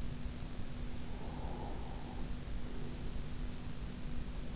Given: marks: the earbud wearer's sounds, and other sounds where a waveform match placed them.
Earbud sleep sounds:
sounds in sleep by an in-ear microphone; breath
1.17-3.29 s: breath

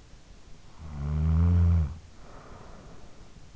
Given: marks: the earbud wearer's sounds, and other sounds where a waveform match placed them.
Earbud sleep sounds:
sounds in sleep by an in-ear microphone; snoring breath
0.29-3.39 s: snoring breath

